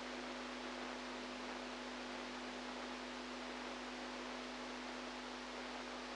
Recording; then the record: brain microelectrode recording played as sound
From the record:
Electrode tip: inside the subthalamic nucleus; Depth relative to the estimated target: -2 mm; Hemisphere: right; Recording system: NeuroSet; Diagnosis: Parkinson's disease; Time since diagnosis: 8 years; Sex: female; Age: 45 years